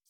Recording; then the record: hydrophone in a shrimp aquaculture tank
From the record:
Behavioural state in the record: feeding